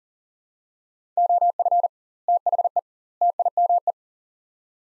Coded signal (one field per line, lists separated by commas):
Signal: Morse code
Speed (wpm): 40 wpm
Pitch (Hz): 700 Hz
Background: none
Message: OF THE TIME